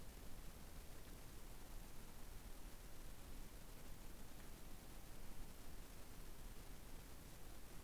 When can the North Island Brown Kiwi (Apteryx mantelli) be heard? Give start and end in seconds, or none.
none